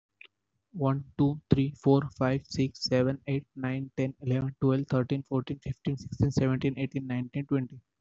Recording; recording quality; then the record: counting at a fast pace; excellent, no background noise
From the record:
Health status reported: healthy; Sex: male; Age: 20 years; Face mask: not worn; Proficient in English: yes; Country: India